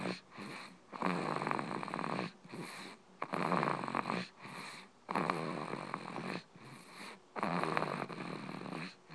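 Rhythmic, rasping snores from a sleeping dog, with quieter breaths between each loud, noisy snore.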